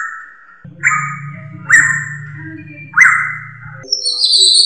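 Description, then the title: Drongo calls: three strong whistled notes about a second apart, over a steady low hum, ending with a higher harsh note. "Suara Srigunting Dari Hobiburung"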